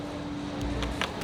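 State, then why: Seated. A foam nozzle attachment is clipped onto the front of a portable pressure washer wand. It gives a short plastic click at 1.0 s, with a softer tap at 0.8 s over a steady background hum. The attachment pops into place and is seated.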